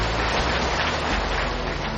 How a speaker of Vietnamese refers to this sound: Vâng, chúng ta hãy cho một tràng pháo tay dài thật lớn.